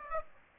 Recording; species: mosquito wingbeat signal from an infrared sensor; Aedes aegypti